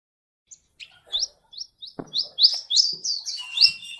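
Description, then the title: Sunbird song: thin, high chirps starting sparse, then speeding into a busy run of sharp rising notes, with a few faint low knocks underneath. Selected ninja sunbird song, described as melodious, clear and loud, collected as master song for training cage birds. "Suara Kolibri Ninja Pilihan MERDU, JELAS DAN LANTANG Cocok Dijadikan Masteran Burung Anda"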